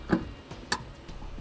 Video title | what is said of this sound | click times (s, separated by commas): etrailer - Roadmaster Universal Diode Wiring Kit Installation - 2009 Chevrolet HHR | now we can plug our connector back into the taillight on the driver's side once it clicks in place we know we're good | 0.7 s